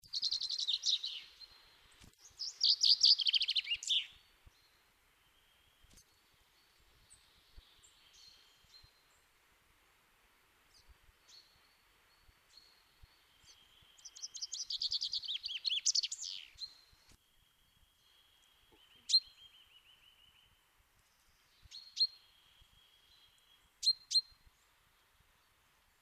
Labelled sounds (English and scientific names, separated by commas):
Common Chaffinch (Fringilla coelebs)